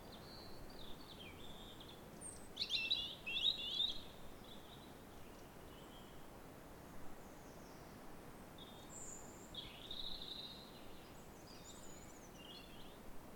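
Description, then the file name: European robin song with a short burst of high scratchy twittering early on, followed by scattered thin notes and another brief phrase later, over steady hiss. "Erithacus rubecula"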